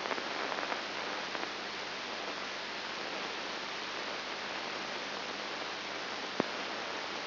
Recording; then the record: brain microelectrode recording played as sound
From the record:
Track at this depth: inside the subthalamic nucleus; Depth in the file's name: 4.701 mm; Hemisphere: left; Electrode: 3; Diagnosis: Parkinson's disease